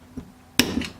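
A metal wire retaining clip is pressed into its groove in the wrist pin bore of an LNF engine piston during piston-to-connecting-rod assembly, with care taken not to damage the pin surface. After a faint tap, the clip snaps sharply into place at 0.6 s, followed by a softer sound at 0.9 s. The clip is fully seated in its groove.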